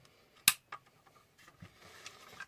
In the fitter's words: locks into place have had guys say well it's a little loose it can handle it it's supposed to be and